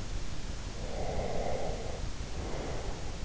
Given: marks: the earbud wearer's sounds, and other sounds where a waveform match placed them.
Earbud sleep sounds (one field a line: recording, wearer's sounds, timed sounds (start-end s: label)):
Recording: sounds in sleep by an in-ear microphone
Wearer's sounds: breath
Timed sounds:
0.81-3.22 s: breath